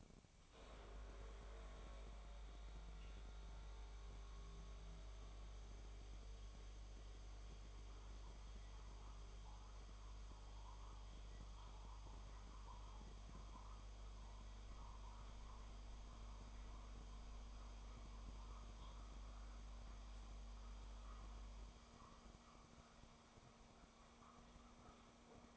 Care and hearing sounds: daily activity, microphone in the room; make coffee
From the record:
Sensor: 1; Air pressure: 1000.3 hPa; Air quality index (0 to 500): 151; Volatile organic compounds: 3 ppm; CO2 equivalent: 1420 ppm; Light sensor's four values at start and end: 31/76/32/39 and 31/76/32/39

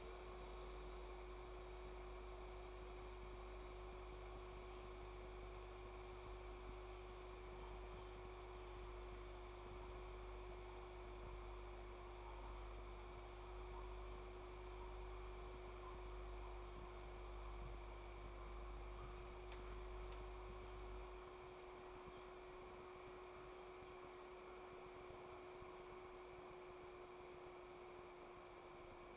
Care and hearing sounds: daily activity, microphone in the room; make coffee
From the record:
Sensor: 1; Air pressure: 1004.3 hPa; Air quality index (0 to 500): 198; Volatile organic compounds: 18 ppm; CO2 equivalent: 2621 ppm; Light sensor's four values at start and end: 5/13/5/5 and 5/14/5/5

